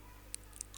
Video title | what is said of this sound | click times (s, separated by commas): Hp M1136 printer teflon change , Hp M1136 open Step by step in hindi | spring लगाने के बाद ये side का जो प्लास्टिक हमने लगाया ये भी लॉक हो गया। | 0.3 s, 0.6 s